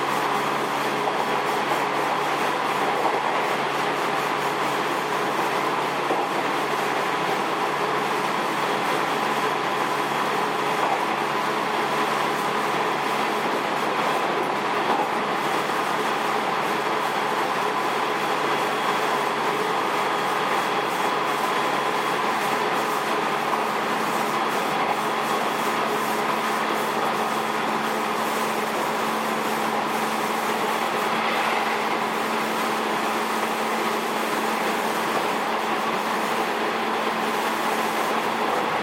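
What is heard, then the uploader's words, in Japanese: A JR 207 series train runs between Kyobashi and Takarazuka, its steady rumble and hum holding level for the whole stretch. A faint tone rides over the constant rolling noise, with small clicks and rattles scattered throughout and a brief brighter whine around the half-minute mark. JR207系 京橋〜宝塚。JR東西線、宝塚線の区間で録音しました。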